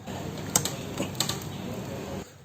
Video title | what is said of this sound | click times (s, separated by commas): How to Replace Speedometer Cable in Honda Activa | push in the speedometer cable the tab should lock into the front brake panel with a click sound | 0.6 s, 1.2 s